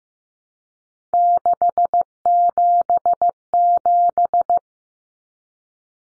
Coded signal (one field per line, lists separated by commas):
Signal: Morse code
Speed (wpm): 15 wpm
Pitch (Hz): 700 Hz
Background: none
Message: 677